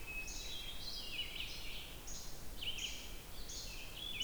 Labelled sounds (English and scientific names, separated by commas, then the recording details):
Red-eyed Vireo (Vireo olivaceus) song
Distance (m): 45 m
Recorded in boreal forest in Alberta, Canada, on 28 June 2016 at 07:18
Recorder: SongMeter 3, array SBT-6-79
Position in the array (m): 119 m, 191 m